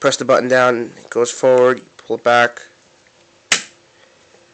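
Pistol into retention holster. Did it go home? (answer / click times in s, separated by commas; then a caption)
yes / 3.5 s. A pistol is pulled back into a plastic retention holster after its release button is pressed and the pistol moved forward. Someone talks at first, then a faint tap comes at 3.1 seconds. A sharp, loud click at 3.5 seconds shows the pistol locking into the holster.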